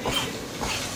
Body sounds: coughing mixed with background sound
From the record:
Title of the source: Spring Cold Coughing 2

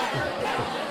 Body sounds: coughing mixed with background sound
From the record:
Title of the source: Dry Coughing Fit in the Afternoon.

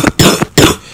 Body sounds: coughing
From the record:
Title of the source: Wet coughing

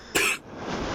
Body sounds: coughing mixed with background sound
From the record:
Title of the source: 64 coughing, allergies, singing lungs

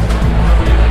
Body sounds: background sound without coughing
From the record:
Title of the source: Party Noise 1 Hour Party Ambience

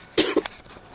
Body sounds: coughing mixed with background sound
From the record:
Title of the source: 55 gaggy wet cough

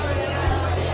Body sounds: background sound without coughing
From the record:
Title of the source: CITY SOUNDS Busy Bar in the Evening Night - 2 HOURS of Ambiance for Relaxation

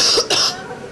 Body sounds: coughing mixed with background sound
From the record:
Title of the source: November cold (wet coughing)

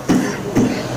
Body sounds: coughing mixed with background sound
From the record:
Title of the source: Spring Cold Coughing 3

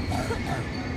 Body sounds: coughing mixed with background sound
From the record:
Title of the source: 1125 Coughing SOUND Effect

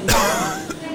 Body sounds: coughing mixed with background sound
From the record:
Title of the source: Coughing 51

